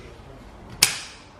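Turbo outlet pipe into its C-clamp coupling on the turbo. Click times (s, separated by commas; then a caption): 0.8 s. A turbo outlet pipe is pushed onto its fitting on a K04 turbo install in a MK5 GTI and secured by C-clamp style clips. It gives one sharp, bright click at 0.8 s against low background noise. The pipe is seated in its C-clamp coupling on the turbo.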